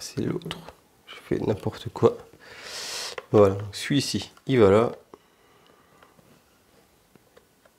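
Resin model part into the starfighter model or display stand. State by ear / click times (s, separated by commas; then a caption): seated / 5.1 s. Someone talks while fitting a resin part of a custom full-resin N1 Naboo Starfighter (Mandalorian) model onto its spot on the starfighter model or display stand. The part clips into place with a short, quiet click at 5.1 s, followed by a few faint small taps. The part is seated.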